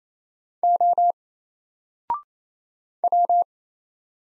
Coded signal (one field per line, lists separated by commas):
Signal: Morse code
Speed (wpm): 28 wpm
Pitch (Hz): 700 Hz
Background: none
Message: O W